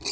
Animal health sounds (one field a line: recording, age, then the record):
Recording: pig call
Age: weaner (32 to 43 days)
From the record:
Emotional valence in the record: negative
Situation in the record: novel object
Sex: female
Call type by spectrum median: high-frequency call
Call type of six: high-frequency stable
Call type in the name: high-frequency stable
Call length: 0.12 s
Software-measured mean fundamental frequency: 1284 Hz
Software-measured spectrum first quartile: 3179 Hz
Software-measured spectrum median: 4623 Hz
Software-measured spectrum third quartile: 6014 Hz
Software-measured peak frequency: 4701 Hz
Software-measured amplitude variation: 152 dB a second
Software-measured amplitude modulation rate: 12.3 a second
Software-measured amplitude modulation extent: 12.3 dB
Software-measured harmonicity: 3.0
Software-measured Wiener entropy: -2.32